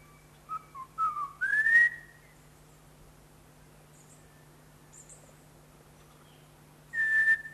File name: greater ground robin